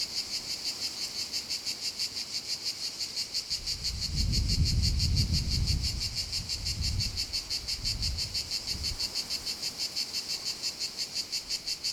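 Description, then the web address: Cicadas give a shrill, rhythmically pulsing drone; a low rumbling noise swells in the middle, then fades, leaving the buzzing alone. Cicadas recorded at Castelvecchio di Rocca, Liguria, Italy. "impossible-music Cicadas-Castelvecchio Di Rocca,Liguria,Italy"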